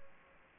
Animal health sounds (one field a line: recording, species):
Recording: mosquito wingbeat signal from an infrared sensor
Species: Aedes aegypti